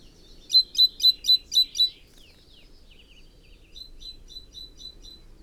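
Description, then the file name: Great tit calling with a quick series of six sharp, high notes, followed by faint twittering and a softer run of repeated notes. "Parus major"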